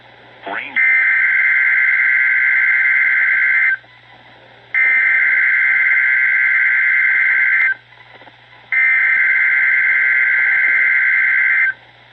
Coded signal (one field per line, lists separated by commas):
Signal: Emergency Alert System (SAME) tones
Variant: header bursts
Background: speech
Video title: Required Weekly Test EAS 106-107